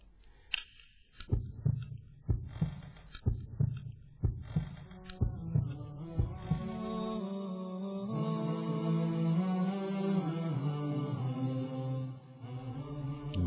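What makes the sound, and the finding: Heart. Normal heartbeat.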